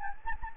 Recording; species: mosquito wingbeat signal from an infrared sensor; Anopheles gambiae